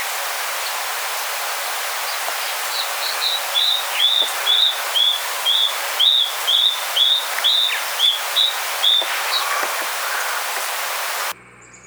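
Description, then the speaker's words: Canyon wren song: a run of about a dozen quick whistled notes at steady pitch, evenly spaced, over a steady background hiss. Wren of canyons, cliffs, rocky outcrops and boulder piles in the Southwest; insect eater. "Grab your ID guide and find the canyon wren as we play their call."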